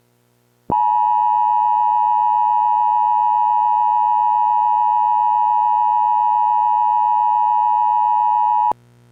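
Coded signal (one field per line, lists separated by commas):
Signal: Emergency Alert System (SAME) tones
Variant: 853 and 960 Hz attention tone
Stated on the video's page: Fictional EAS mock.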